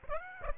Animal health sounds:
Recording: mosquito wingbeat signal from an infrared sensor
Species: Aedes aegypti

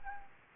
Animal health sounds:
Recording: mosquito wingbeat signal from an infrared sensor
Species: Anopheles gambiae

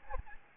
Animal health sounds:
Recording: mosquito wingbeat signal from an infrared sensor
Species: Aedes albopictus

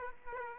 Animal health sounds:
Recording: mosquito wingbeat signal from an infrared sensor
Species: Aedes aegypti

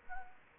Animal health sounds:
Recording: mosquito wingbeat signal from an infrared sensor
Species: Anopheles arabiensis

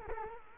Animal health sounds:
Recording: mosquito wingbeat signal from an infrared sensor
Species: Culex quinquefasciatus

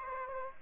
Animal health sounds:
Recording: mosquito wingbeat signal from an infrared sensor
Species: Aedes aegypti

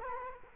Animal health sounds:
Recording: mosquito wingbeat signal from an infrared sensor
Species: Culex quinquefasciatus

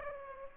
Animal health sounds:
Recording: mosquito wingbeat signal from an infrared sensor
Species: Aedes aegypti

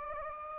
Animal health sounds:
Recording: mosquito wingbeat signal from an infrared sensor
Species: Anopheles gambiae

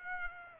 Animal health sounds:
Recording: mosquito wingbeat signal from an infrared sensor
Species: Aedes aegypti

